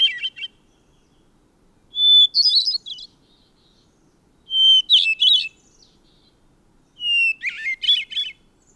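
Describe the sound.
Bird song: a whistled introductory note, then a brief rattling trill, repeated in regular phrases about every two and a half seconds.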